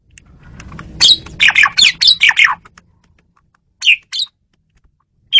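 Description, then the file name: Asian pied starling giving a fast series of loud harsh squawking notes, followed after a pause by a few short chirps. Female bird used as a lure bird. "jalak suren betina pemikat"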